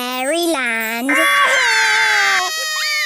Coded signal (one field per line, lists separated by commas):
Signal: Emergency Alert System (SAME) tones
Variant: header bursts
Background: speech